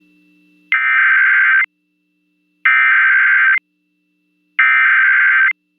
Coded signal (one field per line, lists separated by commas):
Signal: Emergency Alert System (SAME) tones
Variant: header bursts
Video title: EAS Child Abduction Emergency (AMBER ALERT) Lee`s Summit, Missouri Statewide Alert (KDRU-FM)